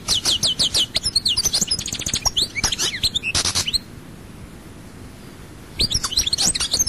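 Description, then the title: European goldfinch song, rapid tinkling twitters and trills with a buzzy note, falling silent for about two seconds before resuming. "Chant Chardonneret"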